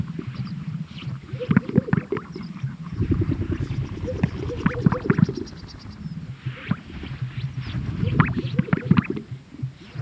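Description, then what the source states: Greater sage-grouse giving bursts of low bubbling pops in clusters, with quieter spells between. Recorded at a lek.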